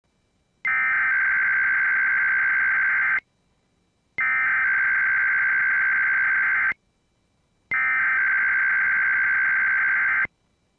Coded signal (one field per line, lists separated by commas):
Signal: Emergency Alert System (SAME) tones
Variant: header bursts